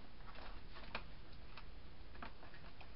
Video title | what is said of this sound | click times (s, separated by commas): JoJo Bow Maker Activity Kit | one snaps in easily because it just comes down. | 1.0 s